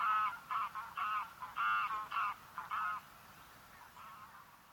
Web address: Anser anser. صدای-غاز-وحشی-خاکستری